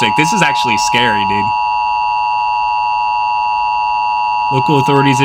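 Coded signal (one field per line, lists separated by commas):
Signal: Emergency Alert System (SAME) tones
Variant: 853 and 960 Hz attention tone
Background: speech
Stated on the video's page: Fictional EAS scenarios, not real alerts.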